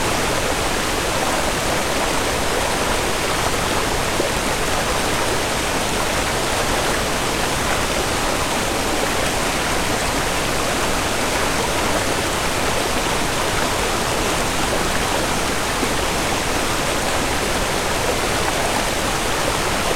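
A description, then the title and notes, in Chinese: Light rain falls in a steady, dense hiss that holds the same level throughout, with no separate drops or pauses standing out. The sound sits mostly in the middle and upper range, with only a thin low rumble beneath. 小雨纷纷。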